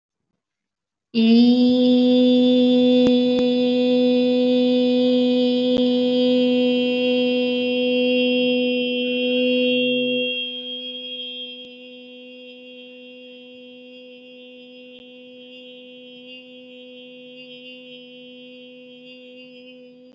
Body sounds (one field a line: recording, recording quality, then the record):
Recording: sustained vowel as in beet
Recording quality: excellent, no background noise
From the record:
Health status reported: respiratory illness, not identified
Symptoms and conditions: asthma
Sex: female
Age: 22 years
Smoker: not ticked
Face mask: not worn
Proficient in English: yes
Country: India